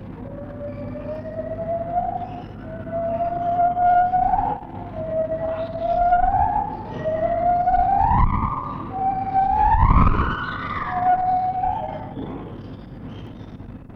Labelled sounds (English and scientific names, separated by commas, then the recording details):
Lar Gibbon (Hylobates lar)
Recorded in captivity
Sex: female
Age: adult
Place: Tierpark Berlin, Berlin, DE
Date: 1963-07-01
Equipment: englisches Reportergerät, Kopie BG 26/1
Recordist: Altmann, Dagmar